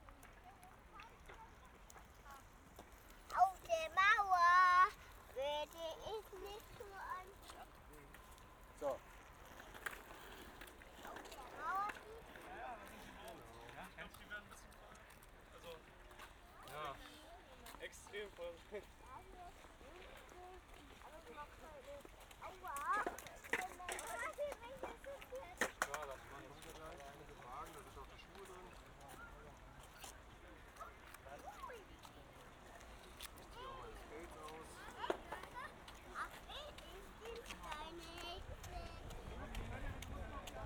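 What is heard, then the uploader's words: A park with children at play, voices calling and chattering throughout, loudest in a burst around four to five seconds and again near twenty-five seconds. Short knocks and clicks punctuate the scene, over a steady low murmur that swells slightly toward the end. Park am Gleisdreieck. Situated next to the heavily serviced train line between Berlin and Leipzig there exists a park full of playing children, rollerbladers, joggers and lovers.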